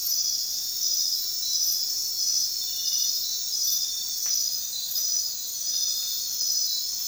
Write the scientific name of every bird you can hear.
none